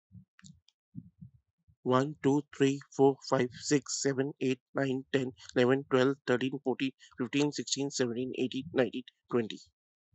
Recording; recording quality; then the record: counting at a fast pace; excellent, no background noise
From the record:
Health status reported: healthy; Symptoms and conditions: hypertension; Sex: male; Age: 37 years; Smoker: yes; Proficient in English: yes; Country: India